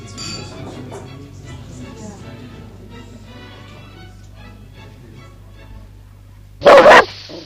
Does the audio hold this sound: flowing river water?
no